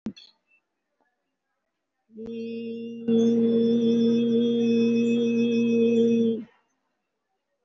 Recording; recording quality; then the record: sustained vowel as in beet; excellent, no background noise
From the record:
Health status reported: COVID-19 positive, moderate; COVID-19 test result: positive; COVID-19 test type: RT-PCR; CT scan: taken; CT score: 3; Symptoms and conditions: cough, cold, breathing difficulty, sore throat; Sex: female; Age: 75 years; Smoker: no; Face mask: worn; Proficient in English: no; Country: India